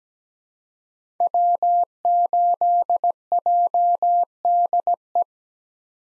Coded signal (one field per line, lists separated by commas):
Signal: Morse code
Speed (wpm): 17 wpm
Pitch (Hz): 700 Hz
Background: none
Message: W8JDE